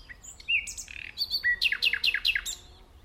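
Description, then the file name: Common nightingale song: varied phrase of whistles and a buzzy note, then a fast run of sharp descending notes, clear against a quiet background. "Luscinia megarhynchos"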